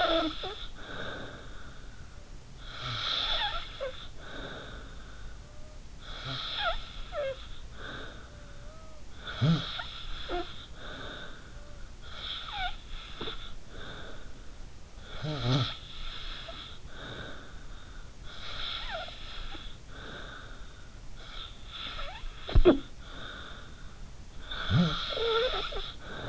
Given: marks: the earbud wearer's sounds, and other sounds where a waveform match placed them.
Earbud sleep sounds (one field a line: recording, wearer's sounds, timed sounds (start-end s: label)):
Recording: sounds in sleep by an in-ear microphone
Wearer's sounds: snoring breath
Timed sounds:
0.00-26.29 s: snoring breath